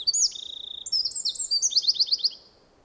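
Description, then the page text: Eurasian wren song, a rapid high run of thin whistled notes and sweeps ending in a quick trill of sharp repeated notes, then stopping. "Голоса птиц - Крапивник"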